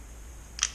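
A hand tool holder latches closed around an inserted part of the tool assembly, giving one sharp snap at 0.6 s over a quiet low hum. The part snaps shut and is seated.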